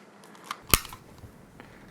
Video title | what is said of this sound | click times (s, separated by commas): Setting Up Your Home Sleep Apnea Test - Sauk Prairie Healthcare | Insert the buckle into the end of the recording device. You'll hear a click, | 0.7 s